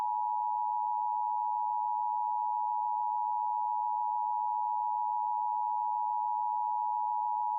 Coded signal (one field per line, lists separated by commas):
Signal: Emergency Alert System (SAME) tones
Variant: 853 and 960 Hz attention tone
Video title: KOAA EAS TEST 8_11_2021